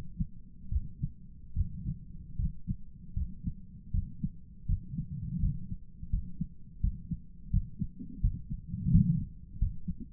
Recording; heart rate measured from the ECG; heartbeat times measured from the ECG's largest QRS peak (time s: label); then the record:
heart sounds by stethoscope; 81 bpm
0.69 s: heartbeat
1.54 s: heartbeat
2.37 s: heartbeat
3.14 s: heartbeat
3.92 s: heartbeat
4.66 s: heartbeat
5.40 s: heartbeat
6.10 s: heartbeat
6.81 s: heartbeat
7.51 s: heartbeat
8.21 s: heartbeat
8.91 s: heartbeat
9.58 s: heartbeat
From the record:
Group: healthy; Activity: rest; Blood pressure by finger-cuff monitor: 103/67 mmHg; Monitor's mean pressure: 81 mmHg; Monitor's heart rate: 75 bpm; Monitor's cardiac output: 7.6 L/min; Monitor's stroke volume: 104 mL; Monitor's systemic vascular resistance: 790 dyn s/cm5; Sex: male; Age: 57 years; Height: 188 cm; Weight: 106 kg